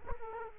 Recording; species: mosquito wingbeat signal from an infrared sensor; Culex quinquefasciatus